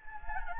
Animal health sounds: mosquito wingbeat signal from an infrared sensor; Anopheles gambiae

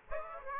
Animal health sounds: mosquito wingbeat signal from an infrared sensor; Aedes aegypti

